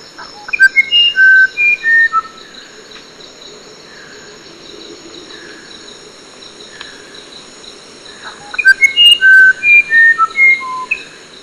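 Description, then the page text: Musician Wren song: two phrases of several pure, whistled notes jumping between high and low pitches, separated by a quiet gap, over a steady high insect drone. "Musician Wren From British Library - wildlife sounds"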